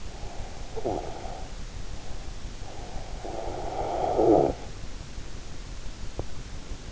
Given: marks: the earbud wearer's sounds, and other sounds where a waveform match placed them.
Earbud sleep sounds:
sounds in sleep by an in-ear microphone; breath, talking in sleep, snoring breath
0.14-1.59 s: breath
0.73-1.14 s: talking in sleep
3.23-4.68 s: snoring breath

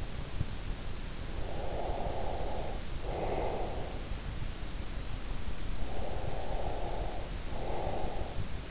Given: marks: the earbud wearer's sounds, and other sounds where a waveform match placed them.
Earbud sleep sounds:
sounds in sleep by an in-ear microphone; breath
1.30-4.20 s: breath
5.56-8.71 s: breath

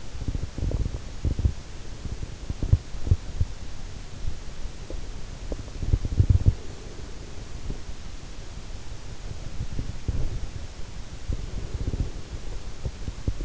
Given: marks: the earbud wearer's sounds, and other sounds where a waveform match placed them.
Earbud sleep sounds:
sounds in sleep by an in-ear microphone; teeth grinding, breath
0.00-3.37 s: teeth grinding
5.48-6.45 s: teeth grinding
6.57-8.05 s: breath
9.34-13.45 s: teeth grinding

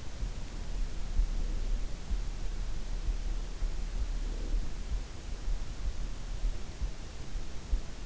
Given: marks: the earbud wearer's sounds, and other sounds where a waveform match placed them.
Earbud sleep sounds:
sounds in sleep by an in-ear microphone; breath
3.77-5.15 s: breath

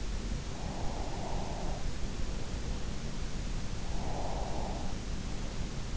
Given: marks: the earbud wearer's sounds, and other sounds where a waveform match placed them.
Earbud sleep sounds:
sounds in sleep by an in-ear microphone; breath
0.06-3.08 s: breath
3.49-5.89 s: breath

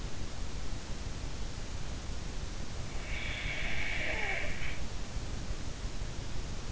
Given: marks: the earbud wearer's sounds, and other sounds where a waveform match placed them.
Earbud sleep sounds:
sounds in sleep by an in-ear microphone; snoring breath
3.13-4.85 s: snoring breath

